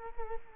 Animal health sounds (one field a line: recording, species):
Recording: mosquito wingbeat signal from an infrared sensor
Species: Culex quinquefasciatus